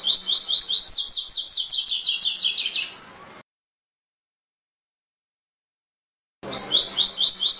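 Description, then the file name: Double-collared seedeater song: quick high upslurred chips then a rapid, slightly descending rasping series, a long silence, then a fresh song opening with similar chips. "Canto do Coleiro"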